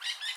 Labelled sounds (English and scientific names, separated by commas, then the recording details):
Brown-throated Parakeet (Eupsittula pertinax) contact call
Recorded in Curacao
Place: just S of Landhuis Groot St. Joris
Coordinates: 12.116, -68.830